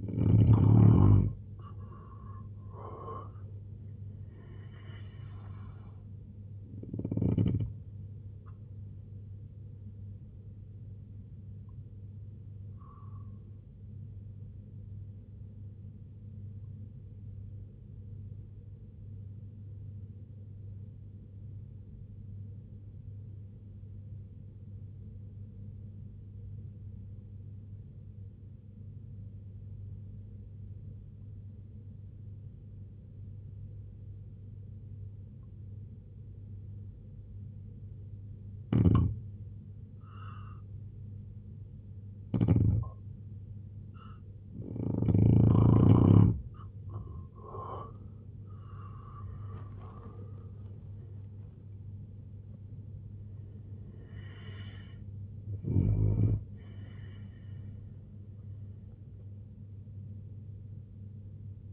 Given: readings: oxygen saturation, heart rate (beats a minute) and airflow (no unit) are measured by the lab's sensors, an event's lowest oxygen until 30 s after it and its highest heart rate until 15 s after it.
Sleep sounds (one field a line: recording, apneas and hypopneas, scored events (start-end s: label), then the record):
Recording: breathing in sleep by a smartphone at the bedside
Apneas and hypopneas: 1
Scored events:
22.00-43.30 s: obstructive apnea (N2, oxygen 95% highest, then 85% lowest, heart rate 62 at the start, 97 highest)
43.00-61.73 s: new sleep stage, N1 (lightest sleep)
From the record:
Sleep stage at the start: N2 (light sleep)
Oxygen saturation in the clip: 85 to 95%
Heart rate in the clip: 62 to 97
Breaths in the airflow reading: 9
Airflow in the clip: -11.1 to 10.6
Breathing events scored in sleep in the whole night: 258 in 7.4 hours asleep